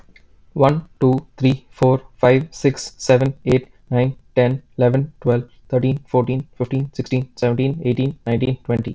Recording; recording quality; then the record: counting at a fast pace; excellent, no background noise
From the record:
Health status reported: healthy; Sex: male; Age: 24 years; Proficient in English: yes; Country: United States